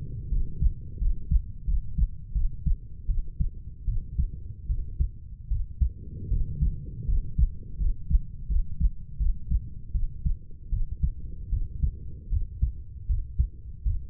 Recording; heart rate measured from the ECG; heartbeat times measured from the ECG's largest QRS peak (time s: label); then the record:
heart sounds by stethoscope; 80 bpm
0.29 s: heartbeat
0.99 s: heartbeat
1.65 s: heartbeat
2.33 s: heartbeat
3.07 s: heartbeat
3.86 s: heartbeat
4.67 s: heartbeat
5.49 s: heartbeat
6.29 s: heartbeat
7.06 s: heartbeat
7.78 s: heartbeat
8.48 s: heartbeat
9.18 s: heartbeat
9.92 s: heartbeat
10.70 s: heartbeat
11.50 s: heartbeat
12.30 s: heartbeat
13.07 s: heartbeat
13.83 s: heartbeat
From the record:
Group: healthy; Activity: rest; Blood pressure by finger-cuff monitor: 112/42 mmHg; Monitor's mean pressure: 68 mmHg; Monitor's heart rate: 78 bpm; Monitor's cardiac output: 10.7 L/min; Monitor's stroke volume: 135 mL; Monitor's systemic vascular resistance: 440 dyn s/cm5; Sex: female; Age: 32 years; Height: 168 cm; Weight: 61.9 kg